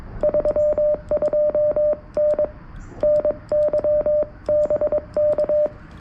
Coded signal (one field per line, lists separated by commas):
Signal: Morse code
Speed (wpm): 22 wpm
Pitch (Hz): 600 Hz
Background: radio noise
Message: 32N NYBK